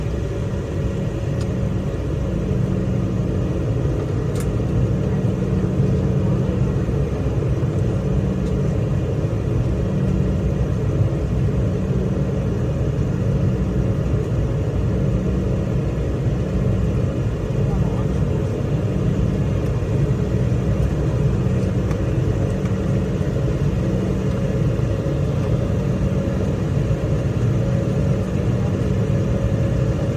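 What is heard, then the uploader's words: A steady, dense engine rumble fills an Embraer E190 cabin in flight, heavy in the low end with a faint whine holding above it. The drone barely changes across the whole stretch, with only a brief tick near the four-second mark. FULL FLIGHT - Embraer E190 Frankfurt to London City Airport (Lufthansa) - WHITE NOISE.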